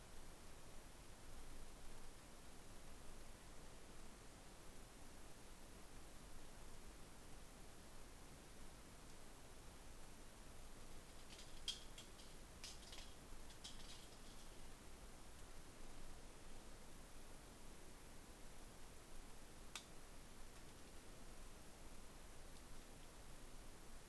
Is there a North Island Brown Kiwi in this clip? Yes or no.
no